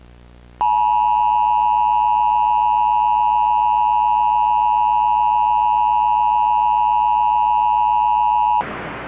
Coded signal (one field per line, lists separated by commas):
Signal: Emergency Alert System (SAME) tones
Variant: 853 and 960 Hz attention tone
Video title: [EAS SCENARIO] DOOM IN BLOOM